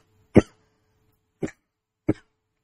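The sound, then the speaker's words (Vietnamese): Three sharp coughs spaced about a second apart, the first loudest and the next two slightly weaker, like someone sputtering after choking on saliva, with no talking. “Nước miếng sặc. Mắc công thấy ho khi vừa dính Covid nữa.”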